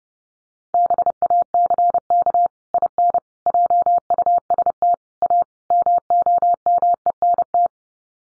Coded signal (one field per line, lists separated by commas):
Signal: Morse code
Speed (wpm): 30 wpm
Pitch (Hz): 700 Hz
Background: none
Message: BACK IN JUST A MOMENT